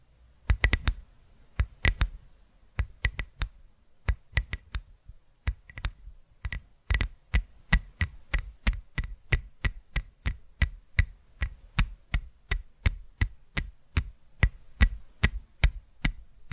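Sharp tapping, each hit a crisp click over a soft low thud. The taps start sparse and uneven, in small clusters, then after about seven seconds settle into a quicker, steadier run of roughly two or three per second until the end.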